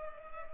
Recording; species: mosquito wingbeat signal from an infrared sensor; Culex pipiens